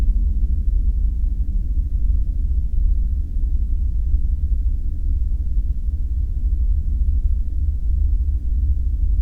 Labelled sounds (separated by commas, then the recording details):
machinery, flare stack
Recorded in the Prudhoe Bay oil fields, Alaska, on 5 September 2019 at 00:25
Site 14